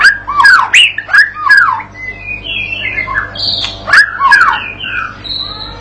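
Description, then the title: White-rumped shama song, a run of loud, varied whistled phrases sweeping up and down, some sliding notes and short chirps, over a steady low hum. Master lure song used to train a young shama (murai batu paud) to sing gacor and prompt it to answer at once. "MURAI BATU PAUD BELAJAR GACOR, AJARI DENGAN MASTERAN PANCINGAN INI, PANCING LANGSUNG NYAUT"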